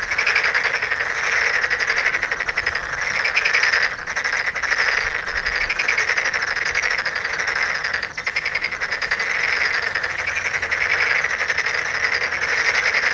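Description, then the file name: Tokyo Daruma pond frog chorus, a dense continuous mass of creaky pulsed calls from many frogs, steady throughout with brief dips in loudness near four and eight seconds. "frog tokyo-daruma-gaeru"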